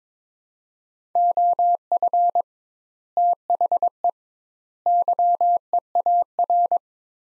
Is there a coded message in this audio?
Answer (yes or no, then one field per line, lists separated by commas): yes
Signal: Morse code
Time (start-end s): 1.2-6.8 s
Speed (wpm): 22 wpm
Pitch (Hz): 700 Hz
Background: none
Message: OF THE YEAR